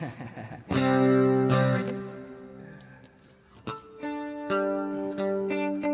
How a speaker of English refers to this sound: There's some kind of like octave distortion on.